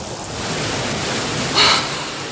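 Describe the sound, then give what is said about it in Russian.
A steady, full roar of rushing water carries on without a break, with a brief sharp, higher-pitched surge flaring up about two-thirds of the way through. “Вода.”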